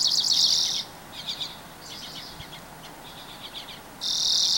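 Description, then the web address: Bird gives a loud buzzy trill, then softer scattered chirps, then the buzzy trill returns strongly at the end. Recorded 24 April 2023. "gemlog starlog audio birds 20230424"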